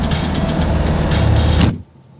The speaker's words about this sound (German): Ein Wagen erwartet sie. Laufender Motor, offene Tür. Sie werfen sich auf die Rückbank.